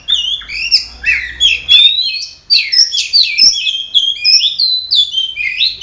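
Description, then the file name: Oriental magpie-robin song, a dense stream of clear whistled phrases sliding up and down, mixed with harsher notes and brief clicks. Kacer song simulating an Indonesian songbird contest. "audio simulasi lomba untuk kacer omkicau"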